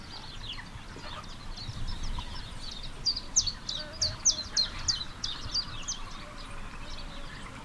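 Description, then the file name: Bird uttering thin, high chirps in quick irregular runs, clearest midway, over steady background hiss and low rumble. Recorded on 18 February 2007. "El Lobo Littlebird"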